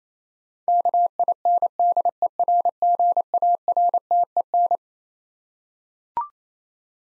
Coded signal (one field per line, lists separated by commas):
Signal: Morse code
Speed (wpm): 27 wpm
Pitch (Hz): 700 Hz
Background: none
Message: KINDERGARTEN